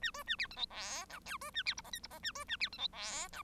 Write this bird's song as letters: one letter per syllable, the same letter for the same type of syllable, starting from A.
A B A C D E F G H B A C I J K I J A B A C D E F G